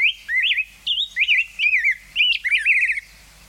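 Rose-breasted grosbeak song, a rich run of sweet, rolling whistled phrases rising and falling quickly for about three seconds.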